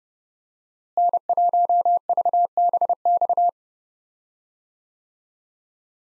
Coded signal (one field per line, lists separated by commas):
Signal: Morse code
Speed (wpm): 30 wpm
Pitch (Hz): 700 Hz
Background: none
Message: N1VBX